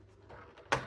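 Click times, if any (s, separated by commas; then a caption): 0.7 s. After the stock release button is pressed, the plastic polymer folding stock on a Cybergun Scar L airsoft rifle receiver is forced to fold, with faint rubbing and shifting before one sharp click at 0.7 s as it gives way. The stock is just stiff, but it does release.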